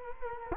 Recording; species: mosquito wingbeat signal from an infrared sensor; Culex quinquefasciatus